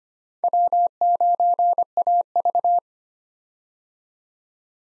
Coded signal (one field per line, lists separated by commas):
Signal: Morse code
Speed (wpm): 25 wpm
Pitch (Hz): 700 Hz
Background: none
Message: W9AV